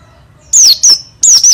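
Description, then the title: Oriental white-eye: four bright, high whistled notes, most gliding downward, given in two quick pairs. Oriental white-eye of the dakun type from East Java, forest-type bird owned by om Doddy of Cikarang, singing actively in a rolling song, a contest-champion candidate. "burung pleci dakun jatim ngalas ngerol gacor calon juara(milik om doddy cikarang)"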